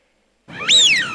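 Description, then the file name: Eurasian wigeon whistle, a single loud clear wheeoo that leaps upward sharply then slides down, short and piercing. Wigeon call used as a hunting decoy lure, Russia. "Свиязь Fischione"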